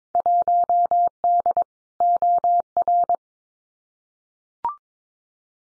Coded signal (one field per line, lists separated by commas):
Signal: Morse code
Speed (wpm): 22 wpm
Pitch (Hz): 700 Hz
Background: none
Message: 1D OR